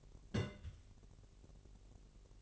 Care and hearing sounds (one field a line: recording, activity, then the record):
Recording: daily activity, microphone in the room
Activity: place on stove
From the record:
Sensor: 4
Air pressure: 1002.8 hPa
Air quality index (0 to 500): 240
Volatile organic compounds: 10 ppm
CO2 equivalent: 2253 ppm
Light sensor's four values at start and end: 6/14/6/6 and 6/14/6/6